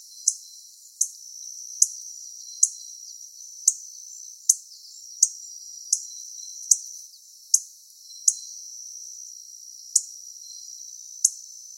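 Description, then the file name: Pileated finch repeating crisp, very high ticking notes about once a second, with a constant shrill background drone. "coryphospingus pileatus"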